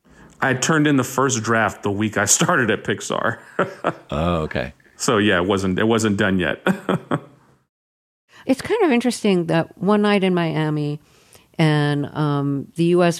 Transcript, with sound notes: I turned in the first draft the week I started at Pixar (laughter).
Oh, OK.
So yeah, it wasn't done yet (laughter).
It's kind of interesting that "One Night In Miami..." and "The U.S.